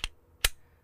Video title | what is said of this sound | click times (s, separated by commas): Field Stripping | let it go and it's locked into place functions | 0.0 s, 0.5 s